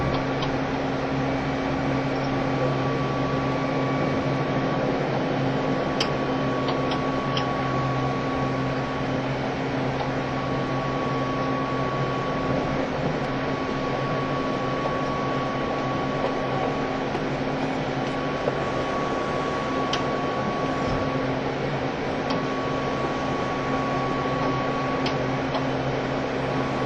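Inside a JR East E351 series tilting train on a Super Azusa express run, a steady, even roar of running fills the whole stretch. Low motor hum and a thin constant whine near 1 kHz hold throughout, with a few brief clicks and knocks scattered around 6, 20 and 25 seconds.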